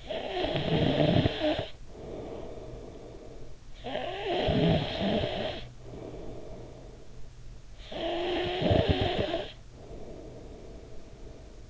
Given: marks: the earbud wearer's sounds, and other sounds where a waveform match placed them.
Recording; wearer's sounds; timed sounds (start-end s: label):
sounds in sleep by an in-ear microphone; snoring breath
0.00-3.57 s: snoring breath
3.74-7.38 s: snoring breath
7.67-11.70 s: snoring breath